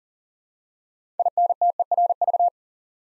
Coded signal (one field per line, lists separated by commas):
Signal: Morse code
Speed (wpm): 40 wpm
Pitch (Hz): 700 Hz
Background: none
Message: INTERV